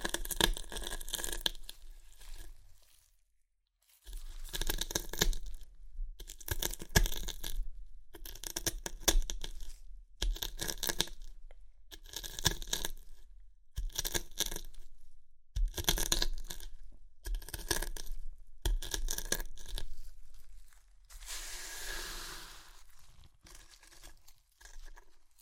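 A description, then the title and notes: Chips are crushed and crunched in short, crackly bursts of a second or so, separated by brief silent pauses. The crunching is dense and bright. Just past the twenty-second mark a softer, hissing crinkle like a bag being handled replaces it, then crunching resumes. ASMR Satisfying Chips Crunchy Crushing & Eating Sounds (No Talking).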